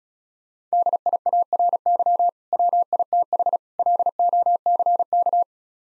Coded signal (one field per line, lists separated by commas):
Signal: Morse code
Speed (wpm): 36 wpm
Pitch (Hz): 700 Hz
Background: none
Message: DIARY WITH LOCK